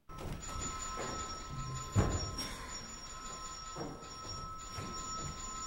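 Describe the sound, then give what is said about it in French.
A small doorbell in a couple's new apartment rings on and on with a steady, bright, high tone as the couple play with it, broken by a few soft thumps and clicks. No one speaks. “En voici un autre extrait, l'installation d'un autre couple dans son nouvel appartement, et là, ils ne peuvent pas s'empêcher de jouer avec la petite sonnette.”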